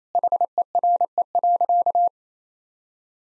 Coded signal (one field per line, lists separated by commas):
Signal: Morse code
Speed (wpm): 28 wpm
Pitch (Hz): 700 Hz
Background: none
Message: HERE.